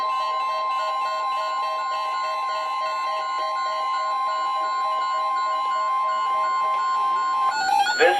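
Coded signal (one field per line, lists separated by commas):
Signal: Emergency Alert System (SAME) tones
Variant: 1050 Hz attention tone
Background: music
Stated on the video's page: Marine warnings and tests from NOAA weather radio station KHB36, received on multiple weather radios.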